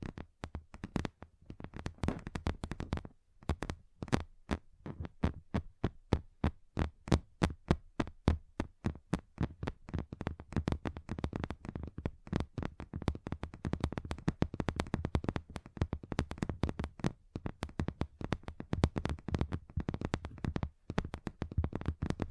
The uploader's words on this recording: ASMR Relaxing Table Tapping Different Surfaces (No Talking).